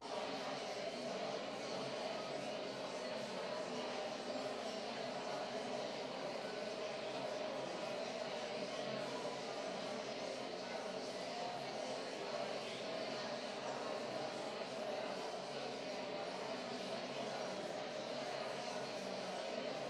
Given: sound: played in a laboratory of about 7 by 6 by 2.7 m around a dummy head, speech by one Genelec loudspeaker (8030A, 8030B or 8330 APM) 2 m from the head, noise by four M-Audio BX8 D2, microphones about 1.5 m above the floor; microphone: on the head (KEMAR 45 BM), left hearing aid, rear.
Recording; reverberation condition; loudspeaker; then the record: babble noise; high; four, about 170 cm from the corners of the room and facing them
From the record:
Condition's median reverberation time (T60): about 1300 ms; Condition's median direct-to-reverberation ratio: about -4.0 dB